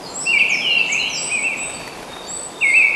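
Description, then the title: Mistle thrush song: clear fluty whistled phrases, some slurred and warbling, delivered in quick succession with brief gaps, ending on a loud renewed phrase. Recorded on a Monday in March. "Dubbeltrast Mon Mar"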